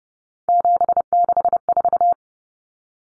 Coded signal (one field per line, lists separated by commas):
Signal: Morse code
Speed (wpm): 30 wpm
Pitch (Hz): 700 Hz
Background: none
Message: 764